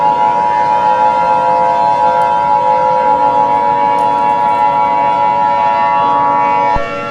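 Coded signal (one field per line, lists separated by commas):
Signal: Emergency Alert System (SAME) tones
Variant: 853 and 960 Hz attention tone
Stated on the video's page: Fictional mini EAS scenario.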